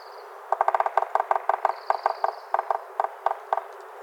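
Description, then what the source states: Yellow-bellied sapsucker drumming, sharp taps that start as a quick burst and then slow into irregular, spaced knocks, with faint bird notes and hiss behind. Drumming, five times.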